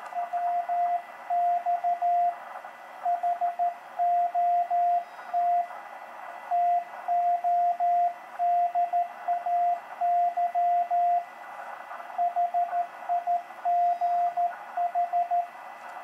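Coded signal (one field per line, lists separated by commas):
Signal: Morse code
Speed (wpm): 13 wpm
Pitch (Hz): 700 Hz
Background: radio noise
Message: WX HOT TODAY HIGH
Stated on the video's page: Portable contact keyed with a Begali Traveler CW paddle, running 100 W from a Bioenno battery.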